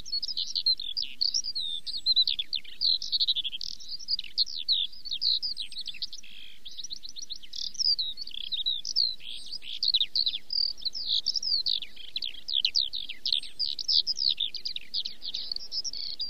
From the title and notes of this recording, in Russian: Звуки жаворонка, записанные в реальных условиях в разных странах мира. Легкая трель, нежное пение, тревожное стрекотание и другие звуки различных видов жаворонков.